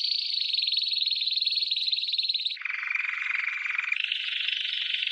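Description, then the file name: Canary singing a high, fast, even trill for over two seconds, then dropping to a lower rolling tour and stepping back up to a mid-high trill. "Canary Voice"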